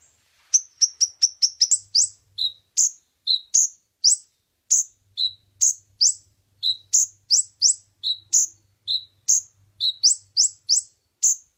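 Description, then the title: Oriental magpie-robin song: rapid series of high, sharp chirps, then alternating rising whistles and lower clipped notes repeated about twice a second, with a faint low hum underneath. Champion contest bird singing prolifically (gacor). "Kacer Juara Gacor"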